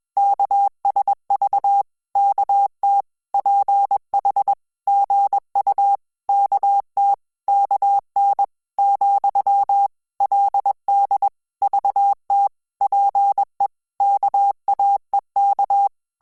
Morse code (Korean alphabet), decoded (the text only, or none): 열 어 주 시 어 요 , 그 러 자 왕